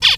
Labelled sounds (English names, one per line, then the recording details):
Zebra Finch distance call
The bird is a male
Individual mal2